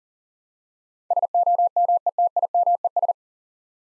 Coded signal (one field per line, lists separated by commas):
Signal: Morse code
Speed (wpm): 37 wpm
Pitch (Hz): 700 Hz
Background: none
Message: SOMETIMES